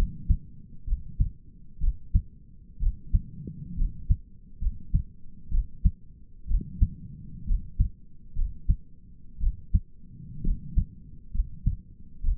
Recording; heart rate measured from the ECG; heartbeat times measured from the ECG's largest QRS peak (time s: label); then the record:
heart sounds by stethoscope; 63 bpm
0.88 s: heartbeat
1.82 s: heartbeat
2.81 s: heartbeat
3.78 s: heartbeat
4.62 s: heartbeat
5.52 s: heartbeat
6.49 s: heartbeat
7.48 s: heartbeat
8.37 s: heartbeat
9.41 s: heartbeat
10.44 s: heartbeat
11.35 s: heartbeat
12.24 s: heartbeat
From the record:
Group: healthy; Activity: rest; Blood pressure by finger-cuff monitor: 124/74 mmHg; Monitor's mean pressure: 88 mmHg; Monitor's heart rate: 62 bpm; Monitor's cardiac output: 5.8 L/min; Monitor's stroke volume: 94 mL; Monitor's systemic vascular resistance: 1110 dyn s/cm5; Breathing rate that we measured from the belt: 17 breaths a minute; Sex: male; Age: 22 years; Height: 181 cm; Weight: 79 kg